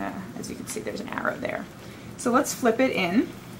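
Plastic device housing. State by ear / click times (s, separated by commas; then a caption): not seated / none. Someone talks while handling a Gigabyte M912 tablet-netbook, turning its swivel screen toward its locked tablet position on the base, with faint handling rustles under the voice. Nothing has seated or clicked yet when the clip ends.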